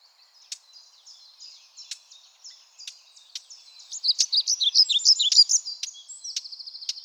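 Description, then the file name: European pied flycatcher song, a loud, rhythmic burst of high, swinging notes after soft ticking and birdsong, ending on a thin buzzy note. "GOBEMOUCHE NOIR"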